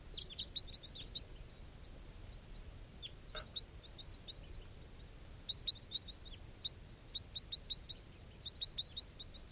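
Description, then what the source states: Red Crossbill calls, short sharp chips repeated in loose bursts throughout, over a steady low background hiss. Wild call type 4 birds calling again to a captive juvenile.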